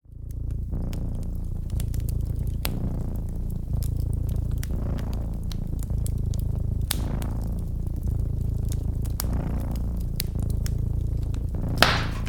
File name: Cat in front of open fire purring